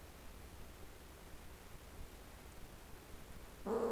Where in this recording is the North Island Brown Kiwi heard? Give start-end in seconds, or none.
none